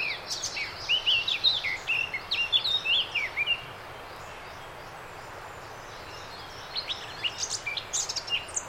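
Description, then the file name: Eurasian blackcap song: a quick, varied warbling phrase for about three seconds, a pause, then a second, higher, chattering phrase near the end, over steady background hiss. "Sylvia atricapilla"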